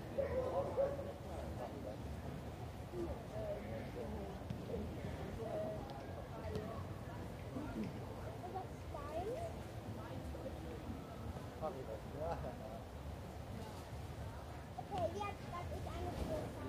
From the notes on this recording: the bustling scenery of Munich's famous Englischer Garten